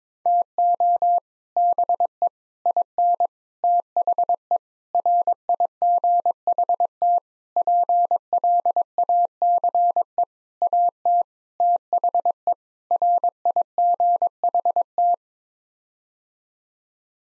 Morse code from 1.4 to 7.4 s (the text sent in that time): BE IN THE RIGHT